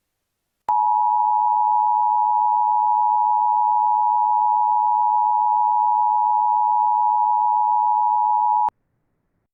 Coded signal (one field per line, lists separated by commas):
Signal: Emergency Alert System (SAME) tones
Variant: 853 and 960 Hz attention tone